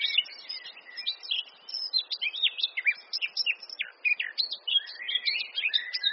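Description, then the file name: Eurasian blackcap song: rapid jumbled warbling with sweet whistled notes and scratchy twitters in quick succession. "Sylvia atricapilla"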